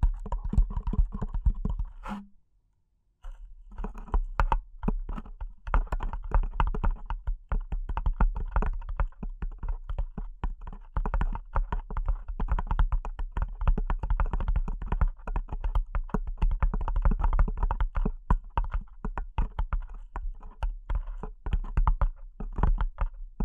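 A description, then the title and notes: Delicate tapping runs in quick, dense, keyboard-like clicks, pausing briefly near three seconds, then continuing steadily with a low soft thud beneath. ASMR Delicate Tapping (No Talking).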